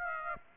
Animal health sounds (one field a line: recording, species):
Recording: mosquito wingbeat signal from an infrared sensor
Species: Aedes aegypti